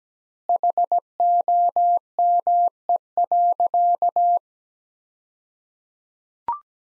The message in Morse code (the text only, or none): HOME.